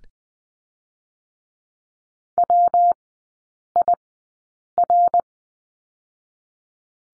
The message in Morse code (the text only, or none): WIR